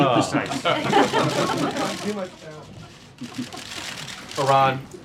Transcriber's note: laughter